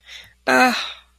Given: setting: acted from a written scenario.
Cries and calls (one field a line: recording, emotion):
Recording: vocal sound without words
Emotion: disappointment